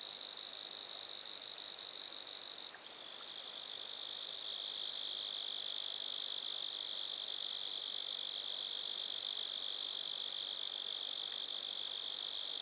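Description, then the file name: Grasshopper call: a long, steady, high buzz that pauses briefly twice before carrying on. Grasshoppers recorded at Lac-à-François, Montcerf-Lytton, Quebec, Canada. "criquets-grasshoppers- -lac-acc 80-franccca 7 ois-montcerf-lytton-quecc 81 bec-canada"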